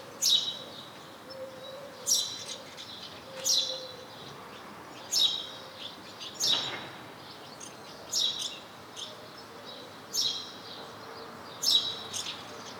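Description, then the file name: House sparrow giving loud, harsh single chirps roughly every one to two seconds. "Passer domesticus"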